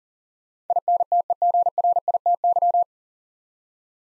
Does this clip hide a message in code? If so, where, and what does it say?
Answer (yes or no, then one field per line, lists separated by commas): yes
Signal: Morse code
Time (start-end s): 0.7-2.8 s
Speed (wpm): 40 wpm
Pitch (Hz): 700 Hz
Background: none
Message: INTEGRITY